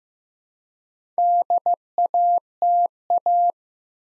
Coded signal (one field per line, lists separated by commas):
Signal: Morse code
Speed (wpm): 15 wpm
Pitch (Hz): 700 Hz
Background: none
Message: DATA